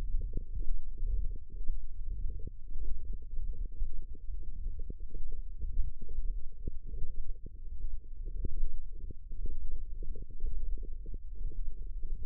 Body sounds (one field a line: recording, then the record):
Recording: forearm muscle sounds (acoustic myography)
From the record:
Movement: ulnar deviation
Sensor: system 1, eight BSWA MPA416 microphones around the upper forearm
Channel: 6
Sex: male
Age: 23 years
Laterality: right